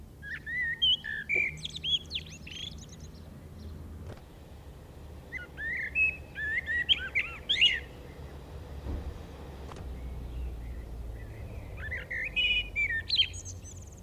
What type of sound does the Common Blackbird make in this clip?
song